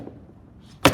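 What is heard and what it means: On a Coleman Powersports UT400 UTV, the second rubber latch strap on the other side of the body is pulled down over its bolt after a quiet stretch with a faint tap near the start. It seats with a sharp, loud click at 0.9 s.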